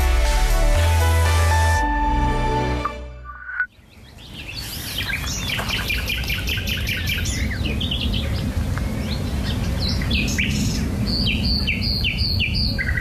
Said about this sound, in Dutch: die hoort aan de Dordtse kant van het Biesbos een loepzuivere nachtegaal. Ze neemt hem op